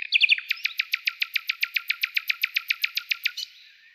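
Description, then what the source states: Common nightingale delivering a fast, even trill of many loud, sharp repeated notes after a brief stuttering start, then falling silent. Song described as a nightingale trill.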